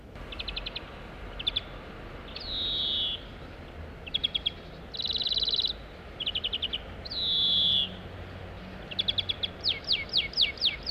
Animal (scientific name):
Chloris chloris